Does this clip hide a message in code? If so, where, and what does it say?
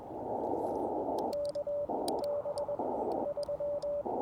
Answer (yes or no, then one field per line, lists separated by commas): yes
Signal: Morse code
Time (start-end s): 1.3-4.0 s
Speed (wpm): 20 wpm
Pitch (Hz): 580 Hz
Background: radio noise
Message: K B 3